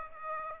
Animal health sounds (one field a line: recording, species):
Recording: mosquito wingbeat signal from an infrared sensor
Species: Aedes aegypti